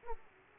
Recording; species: mosquito wingbeat signal from an infrared sensor; Aedes aegypti